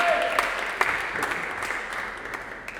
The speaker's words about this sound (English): Thank you, that's my time. Please keep clapping.